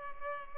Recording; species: mosquito wingbeat signal from an infrared sensor; Culex pipiens